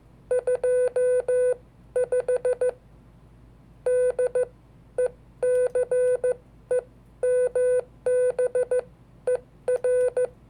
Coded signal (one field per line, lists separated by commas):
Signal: Morse code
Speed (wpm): 14 wpm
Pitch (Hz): 500 Hz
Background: none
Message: 25 DECEMBER